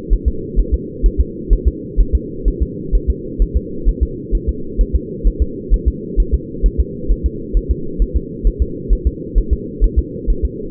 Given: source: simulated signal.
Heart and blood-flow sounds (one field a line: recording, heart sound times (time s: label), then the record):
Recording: fetal heart sounds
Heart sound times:
0.13 s: S1
0.28 s: S2
0.59 s: S1
0.74 s: S2
1.06 s: S1
1.20 s: S2
1.53 s: S1
1.67 s: S2
2.00 s: S1
2.15 s: S2
2.48 s: S1
2.62 s: S2
2.95 s: S1
3.10 s: S2
3.42 s: S1
3.57 s: S2
3.88 s: S1
4.03 s: S2
4.35 s: S1
4.49 s: S2
4.81 s: S1
4.95 s: S2
5.27 s: S1
5.42 s: S2
5.74 s: S1
5.88 s: S2
6.20 s: S1
6.34 s: S2
6.66 s: S1
6.80 s: S2
7.11 s: S1
7.26 s: S2
7.57 s: S1
7.71 s: S2
8.02 s: S1
8.16 s: S2
8.47 s: S1
8.62 s: S2
8.93 s: S1
9.07 s: S2
9.38 s: S1
9.53 s: S2
9.84 s: S1
9.99 s: S2
10.30 s: S1
10.45 s: S2
From the record:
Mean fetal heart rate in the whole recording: 130 bpm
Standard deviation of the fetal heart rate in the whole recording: 2 bpm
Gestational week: 36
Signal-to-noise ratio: -4.3 dB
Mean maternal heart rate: 72 bpm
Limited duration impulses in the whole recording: absent